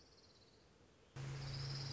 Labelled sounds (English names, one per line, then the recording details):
Orange-crowned Warbler
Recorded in Sonoma County, California